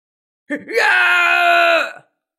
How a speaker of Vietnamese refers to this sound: Phò mã hét thảm, sắc mặt trắng bệch.